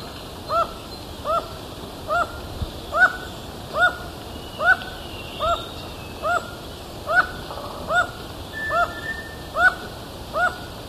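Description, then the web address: Black-mandibled toucan repeating short arched yelping notes, about thirteen in quick regular succession. Ecuador. "Natures Songs S America Birds of Ecuador. Black-Mandibled Toucan"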